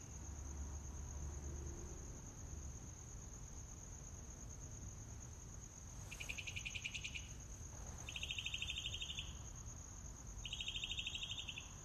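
Mockingbird song: three buzzy, rapidly pulsed phrases, each about a second long, separated by short pauses, over a steady high insect drone.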